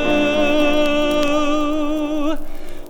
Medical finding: Borborygmi Medley.